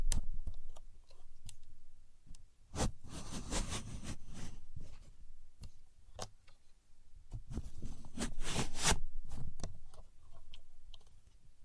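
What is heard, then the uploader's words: A contour gauge is being handled, with clusters of sharp clicks and rattling taps as its pins shift and settle. Busy bursts come around three to four seconds and again near eight to nine seconds, separated by quieter stretches of scattered ticks over a low, steady hum. Using A Contour Gauge (No Talking).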